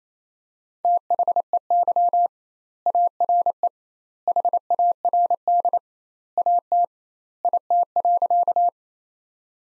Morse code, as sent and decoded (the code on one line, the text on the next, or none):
- .... . -.-- / .- .-. . / .... .- .-. -.. / .- - / .. - .-.-.-
THEY ARE HARD AT IT.